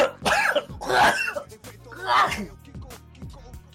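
Three harsh, noisy cough bursts from an adult man in quick succession within about two seconds, with a throat-clearing quality, followed by some low voiced sounds. The pattern is a bout of repeated coughing.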